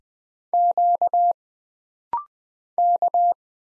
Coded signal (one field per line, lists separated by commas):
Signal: Morse code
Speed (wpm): 20 wpm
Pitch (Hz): 700 Hz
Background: none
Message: Q K